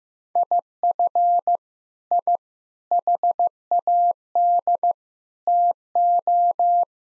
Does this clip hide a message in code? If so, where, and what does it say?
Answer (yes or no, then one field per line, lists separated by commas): yes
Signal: Morse code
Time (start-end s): 0.4-6.8 s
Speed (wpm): 15 wpm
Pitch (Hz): 700 Hz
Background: none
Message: IF I HAD TO